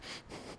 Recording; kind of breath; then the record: one breath in and out by a microphone near the nose and mouth; strong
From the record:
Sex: male